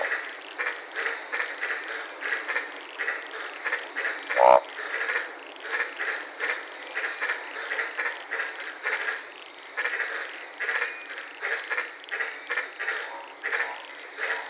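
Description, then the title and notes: White-lipped tree frog chorus of repeated croaks from several callers, with one brief loud sound about a third of the way in, against continuous high insect hiss. Several frogs calling at night in the Daintree rainforest, Queensland, heard from inside a parked car. "sitting in my car in the Daintree rainforest in Queensland this night. these amazing White lipped frogs"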